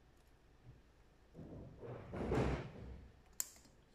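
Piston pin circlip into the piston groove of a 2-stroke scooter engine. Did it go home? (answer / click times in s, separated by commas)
yes / 3.4 s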